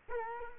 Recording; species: mosquito wingbeat signal from an infrared sensor; Culex quinquefasciatus